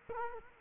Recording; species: mosquito wingbeat signal from an infrared sensor; Culex quinquefasciatus